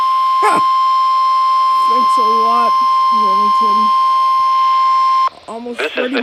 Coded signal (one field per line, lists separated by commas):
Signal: Emergency Alert System (SAME) tones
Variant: 1050 Hz attention tone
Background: speech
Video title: Almost 30 minutes late ILN... (EAS soon)